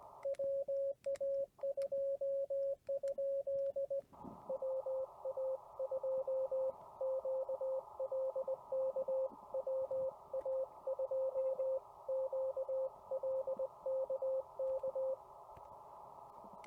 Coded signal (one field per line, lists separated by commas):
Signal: Morse code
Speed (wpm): 20 wpm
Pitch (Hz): 560 Hz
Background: radio noise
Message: WA2? WA2QLK WA2QLK K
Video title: CW Copy Practice and a meet up with KM4ZKB